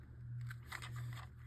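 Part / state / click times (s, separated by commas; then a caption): spin-direction cap into a spinning-top launcher / seated / 0.8 s. A plastic spin-direction cap, set to right spin, is fitted into the channels of a Beyblade Burst Precision Strike launcher and twisted. Over a steady low hum, soft scraping and small ticks build to a sharp click at 0.8 s as the cap locks into place.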